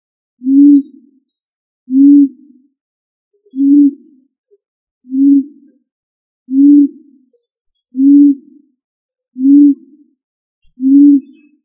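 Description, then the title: Pigeon giving deep, even coos, eight identical low notes at a steady rhythm roughly one and a half seconds apart, nothing else audible. "LuckyFamilia ColumbidaePombaSama"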